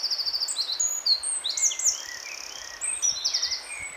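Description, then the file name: Eurasian wren song: energetic, high-pitched outpouring of rapid trills, sharp whistles and slurred notes, almost continuous, over faint hiss. "Troglodytes troglodytes"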